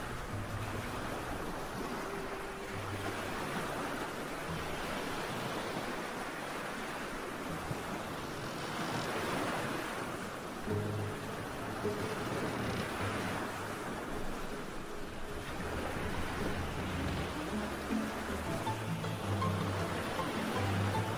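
Sea waves wash in a dense, steady roar that swells every few seconds, with surges around 3, 10 and 16 seconds. A low rumble runs underneath, and faint creaking tones come and go, more often toward the end.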